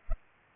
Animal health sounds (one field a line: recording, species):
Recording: mosquito wingbeat signal from an infrared sensor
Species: Culex pipiens